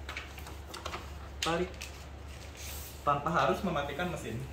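A ribbon cartridge in a FRAMA TAX METER stamp printing machine is turned like a gas stove knob until it clicks free at about 0.1 s, then pulled out, without the machine being switched off. A few more small clicks and rustles follow near 0.2, 0.8 and 0.9 s, and someone talks. The cartridge is released from the machine.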